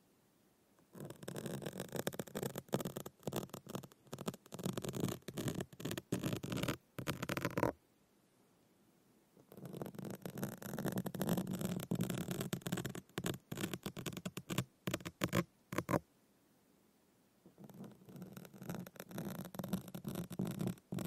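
Scratching sounds from a hand rubbing over a microphone come in three long bursts, roughly 1–8, 9.5–16 and 17.5–21 seconds, with near silence between. Each burst is dense and rough, made of rapid uneven strokes with a heavy low rumble and a scratchy hiss on top.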